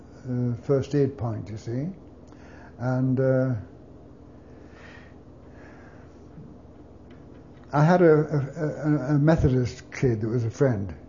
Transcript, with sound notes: a first aid point you see. And uh, (long pause) I had a- a- Methodist kid that was a friend.